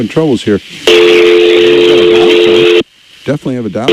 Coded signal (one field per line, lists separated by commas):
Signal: telephone call progress tone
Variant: North America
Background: speech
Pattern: dial tone